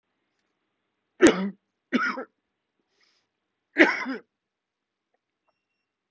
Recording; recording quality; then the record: shallow voluntary cough; excellent, no background noise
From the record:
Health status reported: COVID-19 positive, mild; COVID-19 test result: positive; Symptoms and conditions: fever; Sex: male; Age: 55 years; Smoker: not ticked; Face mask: worn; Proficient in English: yes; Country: India